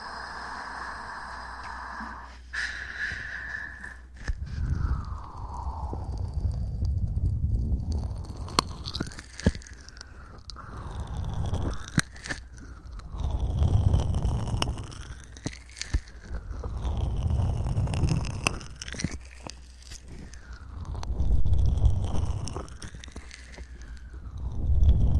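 An ear massage trigger: soft rubbing swells in slow, regular waves about every three to four seconds, each with a rising and falling whooshy sweep. A brief steady tone opens the clip and glides downward near five seconds, with scattered small clicks throughout.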